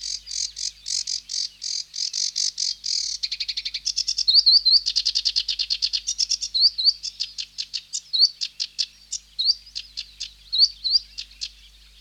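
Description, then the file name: Sedge warbler song: a fast, chattering run of harsh buzzy notes that shifts into rapid trills and repeated sliding whistled phrases, continuous and varied throughout. "Sedge Warbler (Acrocephalus schoenobaenus)"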